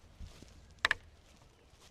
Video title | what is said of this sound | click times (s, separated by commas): I Bought The Cheapest E-Scooters From Amazon, Temu, & AliExpress - Unboxing, Impressions, Surprises | And we're cammed out. | 0.8 s, 0.9 s